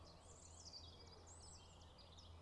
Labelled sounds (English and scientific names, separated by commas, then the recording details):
Great Spotted Woodpecker (Dendrocopos major)
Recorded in Germany
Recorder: ecoPi